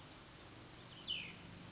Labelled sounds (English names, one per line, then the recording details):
Cassin's Vireo
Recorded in Sonoma County, California